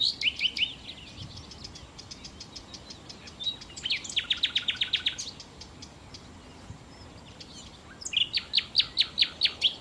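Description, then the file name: Common nightingale song with fast runs of hard, clicking repeated notes, separated by short pauses and brief twittered notes. "Nachtigall"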